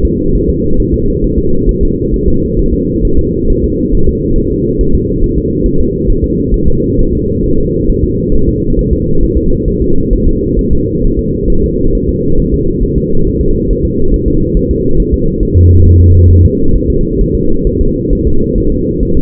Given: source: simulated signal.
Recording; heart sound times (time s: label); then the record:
fetal heart sounds
0.05 s: S2
0.35 s: S1
0.50 s: S2
0.80 s: S1
0.94 s: S2
1.24 s: S1
1.38 s: S2
1.69 s: S1
1.83 s: S2
2.14 s: S1
2.28 s: S2
2.59 s: S1
2.74 s: S2
3.05 s: S1
3.19 s: S2
3.50 s: S1
3.64 s: S2
3.95 s: S1
4.09 s: S2
4.38 s: S1
4.52 s: S2
4.81 s: S1
4.95 s: S2
5.23 s: S1
5.38 s: S2
5.66 s: S1
5.80 s: S2
6.10 s: S1
6.24 s: S2
6.54 s: S1
6.68 s: S2
6.99 s: S1
7.13 s: S2
7.44 s: S1
7.58 s: S2
7.89 s: S1
8.04 s: S2
8.34 s: S1
8.49 s: S2
8.79 s: S1
8.93 s: S2
9.23 s: S1
9.38 s: S2
9.68 s: S1
9.82 s: S2
10.13 s: S1
10.27 s: S2
10.59 s: S1
10.73 s: S2
11.05 s: S1
11.19 s: S2
11.50 s: S1
11.64 s: S2
11.95 s: S1
12.09 s: S2
12.39 s: S1
12.54 s: S2
12.83 s: S1
12.98 s: S2
13.27 s: S1
13.41 s: S2
13.71 s: S1
13.85 s: S2
14.14 s: S1
14.28 s: S2
14.57 s: S1
14.71 s: S2
15.00 s: S1
15.14 s: S2
15.43 s: S1
15.57 s: S2
15.86 s: S1
16.00 s: S2
16.30 s: S1
16.45 s: S2
16.75 s: S1
16.90 s: S2
17.21 s: S1
17.35 s: S2
17.67 s: S1
17.81 s: S2
18.13 s: S1
18.27 s: S2
18.58 s: S1
18.72 s: S2
19.03 s: S1
19.17 s: S2
From the record:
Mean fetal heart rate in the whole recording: 135 bpm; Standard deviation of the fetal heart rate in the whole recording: 3 bpm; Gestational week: 36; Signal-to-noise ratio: -17.7 dB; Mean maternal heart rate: 72 bpm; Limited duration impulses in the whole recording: present